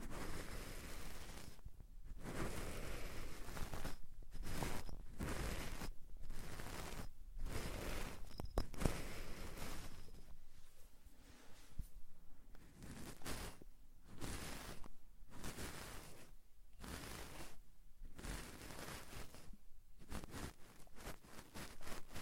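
Deep ear cleaning: bursts of scratchy, crackling rustle come one after another, each lasting a second or two with short silent gaps between. The scraping stays fairly even in loudness, growing duller and softer for a stretch midway before the bright crackle returns.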